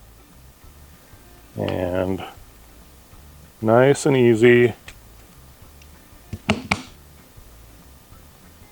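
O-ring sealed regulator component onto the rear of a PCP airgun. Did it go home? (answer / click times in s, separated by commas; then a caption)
yes / 6.5 s, 6.7 s. Someone talks as an O-ring-lubed internal regulator component is pushed onto the rear of a Karma Airguns Red Panda PCP airgun. Two sharp, loud clicks at 6.5 s and 6.7 s mark the part popping into place and seating.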